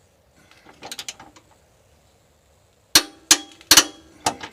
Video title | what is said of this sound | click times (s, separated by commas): Install Your Own Hitch In Less Than an Hour! | okay so that's how you know that you've reached the torque you'll hear that little clicking sound | 4.3 s